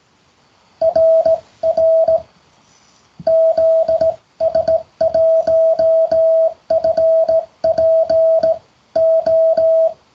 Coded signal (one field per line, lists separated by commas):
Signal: Morse code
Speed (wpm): 17 wpm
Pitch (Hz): 650 Hz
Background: music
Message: RR ZS1FPO